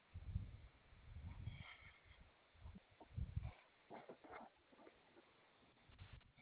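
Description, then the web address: Koala bellowing in deep, snoring pulses, followed by scattered rasping sniffs and snorts near the end. File dated 15 May 2022, 11:23 AM. "Koala CS HMCrecordings 5 15 2022"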